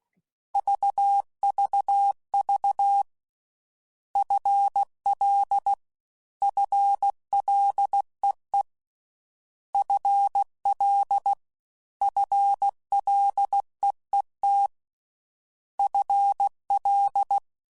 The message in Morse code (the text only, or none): VVV FL FLEE FL FLEET FL